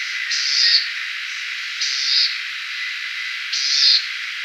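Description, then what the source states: Bewick's wren giving three short, high buzzy notes, spaced about one and a half seconds apart, over a steady background hiss. Song of the buzzy 'bzzt' type, northwestern California.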